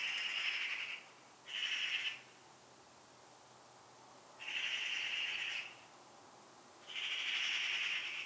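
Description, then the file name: Eurasian magpie giving harsh, noisy calls in four bursts of differing length, separated by pauses, with no other clear sounds. "Pica pica"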